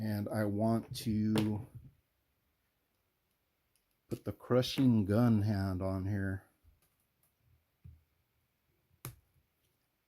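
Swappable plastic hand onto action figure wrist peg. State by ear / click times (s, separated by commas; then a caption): seated / 9.0 s. A swappable plastic hand holding a gun is pressed onto the wrist peg of a sixth-scale Rogue action figure while someone talks. The hand seats with one sharp snap at 9.1 s.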